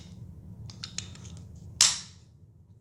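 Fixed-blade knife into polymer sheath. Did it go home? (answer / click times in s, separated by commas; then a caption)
yes / 1.8 s. A Kizlyar Mole AUS 8 fixed-blade EDC knife is pushed into its impact-resistant polymer sheath, with a few faint scraping ticks around 0.8 and 1.0 s over a low steady hum. A loud, sharp snap at 1.8 s shows the knife seating with positive retention.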